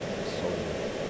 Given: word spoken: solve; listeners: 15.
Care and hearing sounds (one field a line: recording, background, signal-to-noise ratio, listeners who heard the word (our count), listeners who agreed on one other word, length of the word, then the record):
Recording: one English word in noise, from a listening test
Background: speech-shaped noise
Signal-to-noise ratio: -5.5 dB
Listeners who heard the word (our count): 0 of 15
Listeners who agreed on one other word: 7 of 15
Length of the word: 0.70 s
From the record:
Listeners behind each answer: 7, 3, 2, 1, 1, 1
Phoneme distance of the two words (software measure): 17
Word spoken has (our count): 1 syllable, 4 phonemes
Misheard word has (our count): 1 syllable, 3 phonemes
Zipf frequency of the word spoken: 4.30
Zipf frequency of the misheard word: 4.53